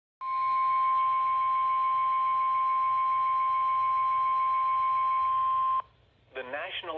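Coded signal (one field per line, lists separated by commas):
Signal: Emergency Alert System (SAME) tones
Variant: 1050 Hz attention tone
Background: speech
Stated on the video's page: Severe Thunderstorm Warning on NOAA Weather Radio WNG676, Clearwater, Minnesota.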